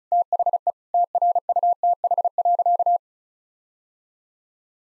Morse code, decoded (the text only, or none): THE TRUTH.